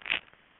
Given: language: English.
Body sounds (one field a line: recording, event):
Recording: throat vibration sensor signal played as sound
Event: swallow